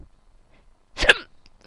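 A single abrupt, sharp hiccup with a brief voiced catch, set against near silence.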